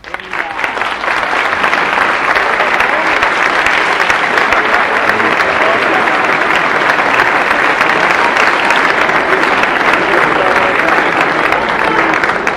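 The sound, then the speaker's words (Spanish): Sustained audience applause at a Miguel Gila performance, a dense, steady wash of many hands clapping that swells in within the first second and holds at an even, loud level throughout, with no talking over it. “Hasta me aplaude.”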